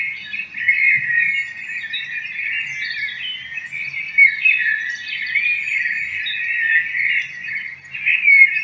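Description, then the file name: Bird song: busy, unbroken run of chirps and twitters with small rises and falls, growing a little louder near the end. "Vogel"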